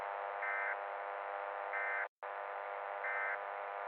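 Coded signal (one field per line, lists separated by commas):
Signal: Emergency Alert System (SAME) tones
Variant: end-of-message bursts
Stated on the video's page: Simulated tones from a fictional EAS scenario.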